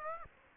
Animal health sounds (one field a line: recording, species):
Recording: mosquito wingbeat signal from an infrared sensor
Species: Aedes aegypti